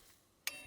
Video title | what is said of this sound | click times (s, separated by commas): Testing Out Some NEW BoonDocker Go-Fast Parts! | hear that snap? Yep. It's tight enough. | 0.5 s